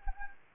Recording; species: mosquito wingbeat signal from an infrared sensor; Anopheles arabiensis